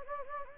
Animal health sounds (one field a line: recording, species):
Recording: mosquito wingbeat signal from an infrared sensor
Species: Anopheles gambiae